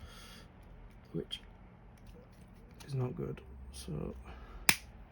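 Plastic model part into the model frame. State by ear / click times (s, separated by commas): seated / 4.7 s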